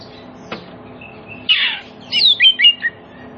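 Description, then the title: Oriental magpie-robin giving one harsh rasping note, followed by a quick phrase of a few bright whistled notes. Played as a lure to make silent magpie-robins answer and sing energetically within about five minutes. "Cukup Hitungan Menit Kacer Lain Bisa Bunyi. CUKUP 5 Menit Kacer LAIN NYAUT JADI GACOR, PANCINGAN KACER MACET BUNYI"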